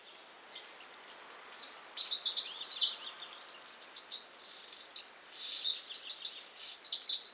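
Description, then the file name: Eurasian wren singing a long, energetic burst of high, fast trills and sharp chattering notes, with a brief steady rattle partway through. "Troglodytes troglodytes"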